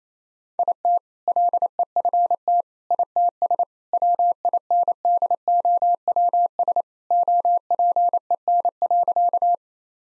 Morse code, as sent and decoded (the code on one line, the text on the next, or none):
.. - / .-.. . ..-. - / .. - ... / .-- .. -. -.. --- .-- ... / --- .--. . -. .-.-.-
IT LEFT ITS WINDOWS OPEN.